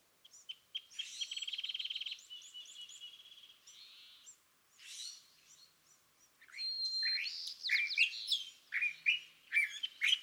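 California thrasher song with a buzzy trill, a hoarse rasp, then a string of varied whistled slurs and scratchy, sharply rising notes.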